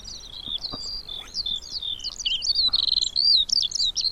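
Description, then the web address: Eurasian skylark pouring out a high, hurried warble of twisting chirps and liquid notes, almost continuous, with faint low ticks beneath. "Deverinetal"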